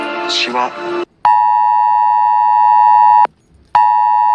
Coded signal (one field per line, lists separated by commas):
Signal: Emergency Alert System (SAME) tones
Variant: 853 and 960 Hz attention tone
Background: speech, music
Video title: National EAS Test (2018) WSBTV Atlanta